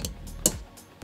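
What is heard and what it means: After its legs are popped out, a Phocar portable laptop stand is tilted and its tilt hinge ratchet gives one sharp tick at 0.5 s as it locks into a detent, with fainter ticks near 0.1 s and 1.0 s. The hinge is seated at a tilt setting.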